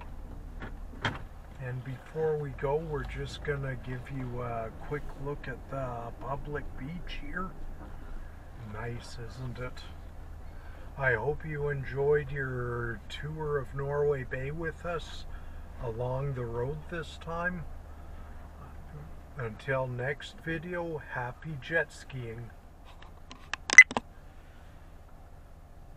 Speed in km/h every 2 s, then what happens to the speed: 1, 0, 8, 8, 7, 7, 5, 5, 5, 2, 0, 0, 0.
0-2 standing. 2-5 pulls away to 8. 5-18 steady at about 5. 18-26 standing.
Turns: none.